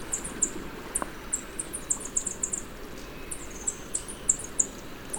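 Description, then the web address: Spotted tanager giving thin, very high chips in quick loose series, several per second, with short pauses, over a steady low hiss. Recorded in Ecuador. "Birds of Ecuador. Spotted Tanager"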